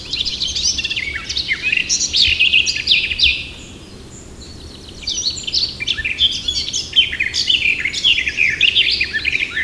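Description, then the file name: Eurasian blackcap song: dense, rapid warbling bursts, a pause near the middle, then more jumbled high twittering phrases running to the end. "Sylvia atricapilla"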